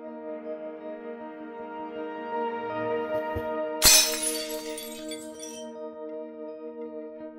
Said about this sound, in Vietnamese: Tiếng đồ đạc bể ở trong nhà của vợ chồng thằng Xỉn lại rộn rẽn vang lên